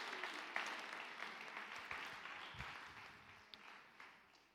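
A crowd applauds steadily, a dense wash of many hands clapping at once with a few sharper individual claps standing out, sustained evenly for several seconds without voices.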